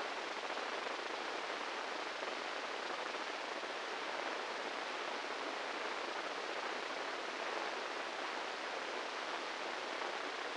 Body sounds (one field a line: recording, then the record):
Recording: brain microelectrode recording played as sound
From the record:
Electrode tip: inside the subthalamic nucleus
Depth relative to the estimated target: -3 mm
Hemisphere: right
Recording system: NeuroSet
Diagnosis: Parkinson's disease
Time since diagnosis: 8 years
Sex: male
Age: 58 years